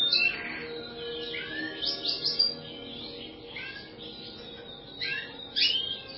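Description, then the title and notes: Bird chirps, a loose series of high sweeping and slurred notes in short bursts, with pauses between phrases and a faint hiss underneath. "Bird Sound. Kicau Burung Lengkap"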